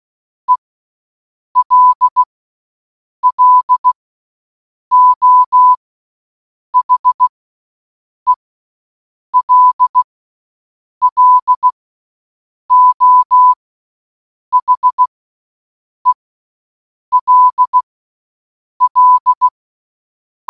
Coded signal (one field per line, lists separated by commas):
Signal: Morse code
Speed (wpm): 16 wpm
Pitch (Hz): 1000 Hz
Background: none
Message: ELLO HELLO HELL